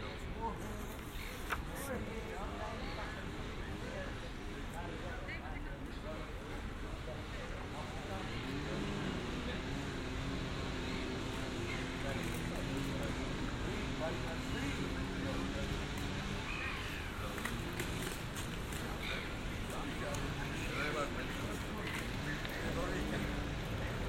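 Binaural field recording in Amsterdam: a steady bed of overlapping voices and crowd chatter runs throughout, with a low hum like passing vehicles or a boat engine underneath. The voices grow denser after about eight seconds, with occasional sharp clicks and knocks.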